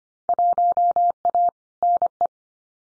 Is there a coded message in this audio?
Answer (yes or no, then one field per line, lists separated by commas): yes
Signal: Morse code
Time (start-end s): 0.3-2.3 s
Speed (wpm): 25 wpm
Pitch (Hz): 700 Hz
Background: none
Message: 1A NE